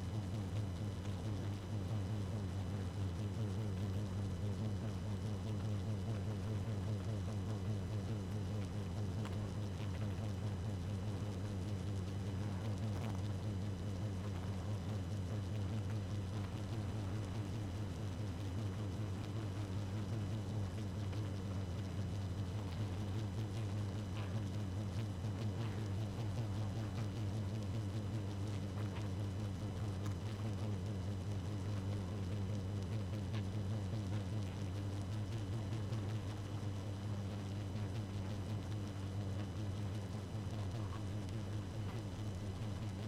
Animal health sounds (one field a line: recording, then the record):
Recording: honeybee colony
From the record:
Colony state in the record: active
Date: 12 June 2018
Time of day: 0:48